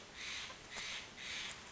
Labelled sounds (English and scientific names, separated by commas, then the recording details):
Steller's Jay (Cyanocitta stelleri)
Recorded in Sonoma County, California